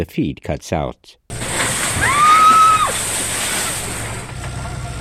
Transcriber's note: sounds of screams and a heavy object landing in the water